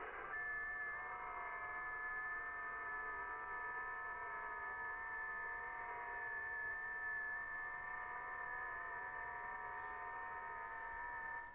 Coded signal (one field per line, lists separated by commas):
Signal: FT8